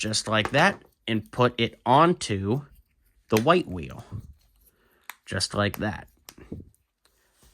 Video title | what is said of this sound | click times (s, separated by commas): REVIEW: LEGO Back to the Future DeLorean Time Machine Set 10300 | and then that just clicks in place there | 6.3 s